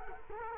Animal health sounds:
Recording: mosquito wingbeat signal from an infrared sensor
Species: Culex quinquefasciatus

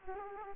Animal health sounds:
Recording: mosquito wingbeat signal from an infrared sensor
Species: Aedes aegypti

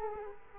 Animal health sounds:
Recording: mosquito wingbeat signal from an infrared sensor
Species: Culex quinquefasciatus

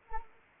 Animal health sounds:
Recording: mosquito wingbeat signal from an infrared sensor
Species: Anopheles arabiensis

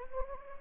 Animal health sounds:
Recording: mosquito wingbeat signal from an infrared sensor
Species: Anopheles gambiae

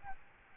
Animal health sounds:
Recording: mosquito wingbeat signal from an infrared sensor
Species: Aedes albopictus

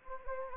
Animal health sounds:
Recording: mosquito wingbeat signal from an infrared sensor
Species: Anopheles gambiae

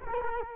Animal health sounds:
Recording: mosquito wingbeat signal from an infrared sensor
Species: Culex quinquefasciatus

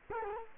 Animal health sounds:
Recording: mosquito wingbeat signal from an infrared sensor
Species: Culex quinquefasciatus

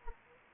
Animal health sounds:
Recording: mosquito wingbeat signal from an infrared sensor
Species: Anopheles arabiensis

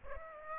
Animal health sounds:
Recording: mosquito wingbeat signal from an infrared sensor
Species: Aedes aegypti

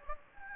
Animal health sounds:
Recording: mosquito wingbeat signal from an infrared sensor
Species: Anopheles gambiae

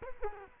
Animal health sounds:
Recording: mosquito wingbeat signal from an infrared sensor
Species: Culex quinquefasciatus

